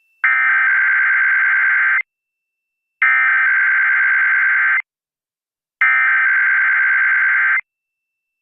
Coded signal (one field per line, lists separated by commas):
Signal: Emergency Alert System (SAME) tones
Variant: header bursts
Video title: (MUST SEE!) Required Weekly Test On KCBS News Radio (EAS #5)